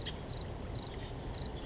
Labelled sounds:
Oak Titmouse (Baeolophus inornatus)
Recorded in Sonoma County, California

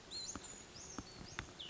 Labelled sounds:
Brown Creeper (Certhia americana)
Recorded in Sonoma County, California

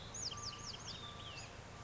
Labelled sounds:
Olive-sided Flycatcher (Contopus cooperi)
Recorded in Sonoma County, California

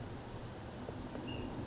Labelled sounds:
Ash-throated Flycatcher (Myiarchus cinerascens)
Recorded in Sonoma County, California

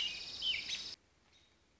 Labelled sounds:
American Robin (Turdus migratorius)
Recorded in Sonoma County, California

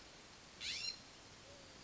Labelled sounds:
California Scrub-Jay (Aphelocoma californica)
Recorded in Sonoma County, California

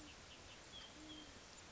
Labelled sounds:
Great Horned Owl (Bubo virginianus)
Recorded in Sonoma County, California

